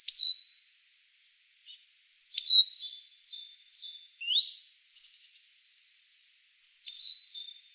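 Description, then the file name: Great tit calls: bursts of high, sharp notes followed by quick repeated chattering double notes, with short silent gaps between bursts. "Parus major"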